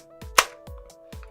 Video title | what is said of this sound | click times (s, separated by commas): Fans Toys FT-10 Phoenix (Masterpiece Skyfire) Review | goes inside there and clicks right in I have the backpacks super secure it's | 0.4 s